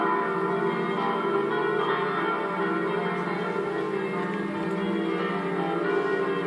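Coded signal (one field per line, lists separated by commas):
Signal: bell signal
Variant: five swinging church bells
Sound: several large church bells swinging and clanging together in continuous overlapping peals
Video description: concerto di 5 campane mezz' ora prima della messa delle 09:30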